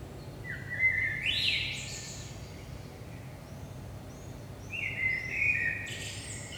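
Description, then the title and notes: Common blackbird delivering a low fluted whistle rising into a thin chattering flourish, a pause, then a second mellow phrase, with faint bird notes and low hum. Early morning, 5 am, in Saint-Gilles, Belgium; recorded with DPA 4060 microphones in AB position into a Zoom F3. "Saint-Gilles, Belgique - 5am Blackbird. Blackbird in the morning. Merle au petit matin"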